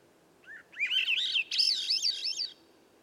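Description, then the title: Swainson's thrush song: a short note, then flute-like phrases that spiral upward in quick wavering loops, the second phrase climbing higher, in quiet surroundings. Dusk song near a campsite, from about 3 m up a red alder 9 m away at a cut clearing's edge amid young hemlock and redcedar; other birds silent; 15-minute performance; Sound Devices MixPre6, MicBooster Pluggy. "A Swainson's Thrush Gift"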